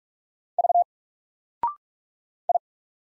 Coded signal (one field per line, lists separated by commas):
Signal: Morse code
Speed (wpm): 44 wpm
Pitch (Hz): 700 Hz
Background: none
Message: V I